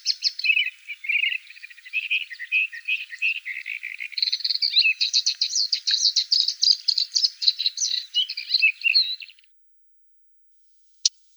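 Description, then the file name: Blyth's reed warbler delivering a dense run of rapid repeated notes, lower warbles shifting to a higher trilled series, then a pause and one sharp click. "Kamyshovka indijskaja"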